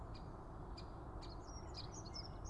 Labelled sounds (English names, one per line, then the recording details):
Great Spotted Woodpecker
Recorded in Germany
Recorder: ecoPi